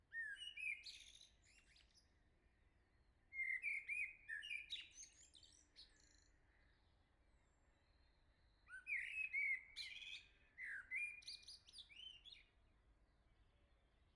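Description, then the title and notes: Common blackbird song: rich, fluting warbled phrases, each ending in high squeaky twitters, delivered in bursts separated by pauses of a few seconds. Singing nearby on a morning at the start of summer, La Jarrie, France; recorded with SDMixPre6II, MS MKH40/30 microphones in Cinela PIA2, 96kHz/32-bit. "Le Merle salue l'été, La Jarrie, France. Quel Sol!!!! pour saluer l'arrivée de l'été ce matin! Merci Jolie Merle de tes vocalises à proximité!"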